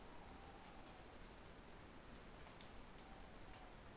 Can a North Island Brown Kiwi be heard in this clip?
no